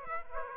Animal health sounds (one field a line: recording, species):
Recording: mosquito wingbeat signal from an infrared sensor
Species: Aedes aegypti